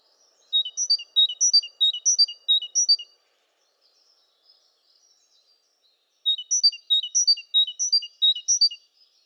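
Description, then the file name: Great tit song: two bursts of high, sweet phrases repeated several times each, with a quiet gap between the strophes. "Parus major"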